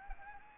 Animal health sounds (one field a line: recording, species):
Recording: mosquito wingbeat signal from an infrared sensor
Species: Anopheles arabiensis